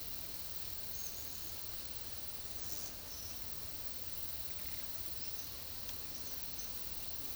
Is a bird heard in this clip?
no